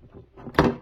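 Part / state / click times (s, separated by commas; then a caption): oil filter cartridge into plastic oil filter housing cap / seated / 0.6 s. During a service on a 2015 Golf 7 1.6 TDI, which also has its cracked oil pan replaced, a new oil filter cartridge is pushed, oriented the right way, into the plastic oil filter housing cap. Faint low rustling and handling noise lead to a single sharp click at 0.6 s, followed by a short fading tail. The cartridge is seated in the cap.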